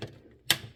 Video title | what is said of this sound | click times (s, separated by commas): Transformers Beast Wars Reissue Optimus Primal REVIEW! One of my favorites | you un un snap it you twist it | 0.5 s